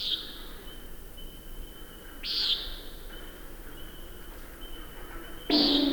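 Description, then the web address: Common nighthawk calls: short, harsh, nasal buzzes given three times at irregular intervals, over a steady high whine. "Songs of Birds of North America Know Your Bird Sounds. Common Nighthawk"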